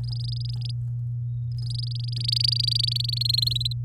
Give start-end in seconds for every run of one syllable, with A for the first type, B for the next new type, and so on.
0.04-0.71 A, 1.58-3.18 A, 3.21-3.73 B